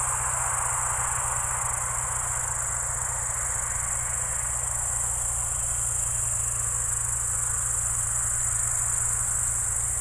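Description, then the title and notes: Cricket chorus, a constant high trill holding throughout, with a deep motor hum and faint passing-vehicle rumble underneath. Evening crickets at Spalona Pass, Bystrzyckie Mountains, Poland, 18 July 2024 around 19:00; old tractor mowing grass in the village below and passing cars in background. "Spalona 6, 57-516, Polska - Spalona Pass - crickets and haymaking. Przełęcz Spalona w Górach Bystrzyckich. wieczorne świerszcze"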